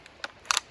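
With the bolt locked back, the steel replacement dust cover on a WE-Tech M16A3 airsoft gas blowback rifle is snapped shut, its pin locking into the upper receiver. A faint tick and a sharp click come first, then the cover latches closed with a bright, crisp click at 0.5 s, followed by a second click just after.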